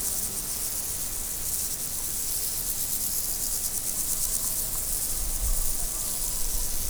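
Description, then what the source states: Insect chorus, high shimmering trill made of rapid pulses, unbroken for the whole stretch, a faint low rumble beneath. Insects recorded in nature in 2014, after leaving Várbóc.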